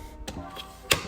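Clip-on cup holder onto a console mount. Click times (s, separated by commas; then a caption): 0.9 s. A plastic clip-on cup holder is pushed onto its screwed-in console mount inside an S2000's interior. A faint tick at about 0.3 s is followed by a sharp, bright snap at 0.9 s as the cup holder seats onto the mount.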